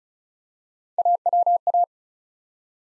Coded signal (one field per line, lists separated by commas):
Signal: Morse code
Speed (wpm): 36 wpm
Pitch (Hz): 700 Hz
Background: none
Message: AWA